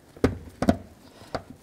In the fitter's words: It should click in place, just like that. And that's secure.